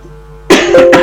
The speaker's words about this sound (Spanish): Perdón, tengo tos, una tos molesta.